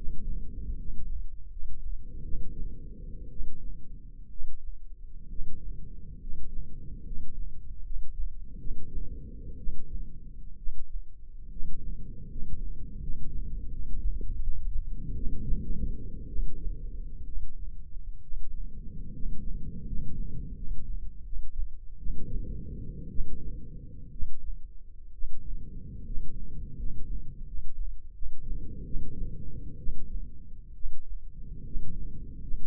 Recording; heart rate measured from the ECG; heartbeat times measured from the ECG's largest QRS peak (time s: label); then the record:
heart sounds by microphone in the left ear; 70 bpm
0.76 s: heartbeat
1.49 s: heartbeat
2.22 s: heartbeat
3.29 s: heartbeat
4.29 s: heartbeat
5.28 s: heartbeat
6.19 s: heartbeat
7.04 s: heartbeat
7.83 s: heartbeat
8.57 s: heartbeat
9.56 s: heartbeat
10.56 s: heartbeat
11.49 s: heartbeat
12.28 s: heartbeat
13.00 s: heartbeat
13.70 s: heartbeat
14.39 s: heartbeat
15.14 s: heartbeat
16.27 s: heartbeat
17.25 s: heartbeat
18.21 s: heartbeat
19.12 s: heartbeat
19.85 s: heartbeat
20.54 s: heartbeat
21.23 s: heartbeat
21.97 s: heartbeat
23.08 s: heartbeat
24.10 s: heartbeat
25.11 s: heartbeat
26.04 s: heartbeat
26.76 s: heartbeat
27.45 s: heartbeat
28.13 s: heartbeat
28.84 s: heartbeat
29.77 s: heartbeat
30.73 s: heartbeat
31.64 s: heartbeat
32.40 s: heartbeat
From the record:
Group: healthy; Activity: rest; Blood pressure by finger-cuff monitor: 124/67 mmHg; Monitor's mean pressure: 85 mmHg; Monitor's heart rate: 66 bpm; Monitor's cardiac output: 8.1 L/min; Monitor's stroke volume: 115 mL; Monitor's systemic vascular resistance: 780 dyn s/cm5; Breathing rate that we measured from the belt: 9 breaths a minute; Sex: male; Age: 24 years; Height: 184 cm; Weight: 89 kg